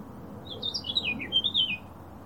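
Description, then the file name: Eurasian blackcap, a brief warbled phrase of quick, twisting high notes rising and falling, over faint low background rumble. "Sylvia atricapilla"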